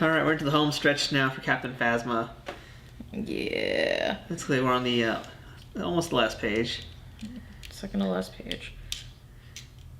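A plastic LEGO brick is handled during the last steps of the Captain Phasma Brickheads build while someone talks, with a few small taps near the end. Nothing has seated or clicked yet; the piece has not snapped into place.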